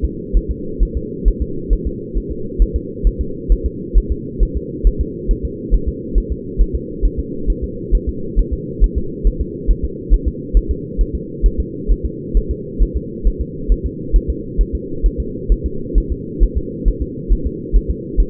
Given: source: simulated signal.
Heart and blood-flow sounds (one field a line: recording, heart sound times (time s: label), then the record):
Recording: fetal heart sounds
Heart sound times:
0.04 s: S2
0.37 s: S1
0.51 s: S2
0.83 s: S1
0.97 s: S2
1.28 s: S1
1.42 s: S2
1.73 s: S1
1.87 s: S2
2.17 s: S1
2.31 s: S2
2.62 s: S1
2.76 s: S2
3.07 s: S1
3.21 s: S2
3.52 s: S1
3.66 s: S2
3.98 s: S1
4.12 s: S2
4.43 s: S1
4.57 s: S2
4.87 s: S1
5.01 s: S2
5.31 s: S1
5.45 s: S2
5.74 s: S1
5.88 s: S2
6.18 s: S1
6.32 s: S2
6.61 s: S1
6.75 s: S2
7.05 s: S1
7.19 s: S2
7.50 s: S1
7.64 s: S2
7.95 s: S1
8.09 s: S2
8.39 s: S1
8.53 s: S2
8.84 s: S1
8.98 s: S2
9.27 s: S1
9.41 s: S2
9.70 s: S1
9.85 s: S2
10.14 s: S1
10.28 s: S2
10.57 s: S1
10.71 s: S2
11.01 s: S1
11.15 s: S2
11.46 s: S1
11.60 s: S2
11.91 s: S1
12.05 s: S2
12.37 s: S1
12.51 s: S2
12.82 s: S1
12.97 s: S2
13.27 s: S1
13.41 s: S2
13.72 s: S1
13.86 s: S2
14.16 s: S1
14.30 s: S2
14.61 s: S1
14.75 s: S2
15.06 s: S1
15.20 s: S2
15.52 s: S1
15.66 s: S2
15.98 s: S1
16.12 s: S2
16.43 s: S1
16.57 s: S2
16.88 s: S1
17.02 s: S2
17.32 s: S1
17.46 s: S2
17.76 s: S1
17.90 s: S2
18.20 s: S1
From the record:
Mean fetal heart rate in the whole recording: 135 bpm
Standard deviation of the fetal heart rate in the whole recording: 3 bpm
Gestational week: 36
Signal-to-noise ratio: -4.3 dB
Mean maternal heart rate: 72 bpm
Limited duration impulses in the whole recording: absent